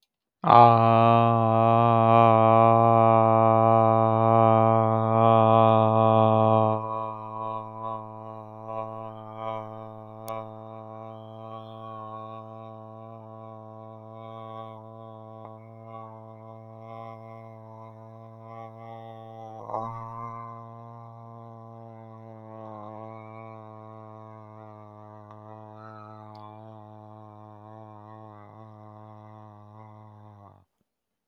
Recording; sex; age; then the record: vowel held as long as possible; male; 30 to 39 years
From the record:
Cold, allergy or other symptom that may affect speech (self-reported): no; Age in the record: 37 years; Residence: North Carolina, United States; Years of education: 16